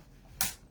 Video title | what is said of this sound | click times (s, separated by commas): Episode 16 sand drag | you hear that snap that thing doesn't come off now it's just on there so | 0.4 s